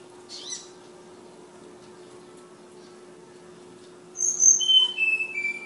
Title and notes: Tledekan/Sulingan ABABIL. Suara Burung Tledekan Ababil dari Kudus